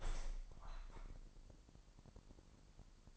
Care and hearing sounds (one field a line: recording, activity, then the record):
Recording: daily activity, microphone in the room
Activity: open window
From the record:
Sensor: 5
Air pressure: 1000.0 hPa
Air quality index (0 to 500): 248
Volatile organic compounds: 35 ppm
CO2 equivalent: 3054 ppm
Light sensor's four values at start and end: 34/80/32/30 and 34/80/32/30